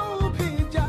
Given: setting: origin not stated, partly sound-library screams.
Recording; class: one-second piece from a danger detection set; normal situation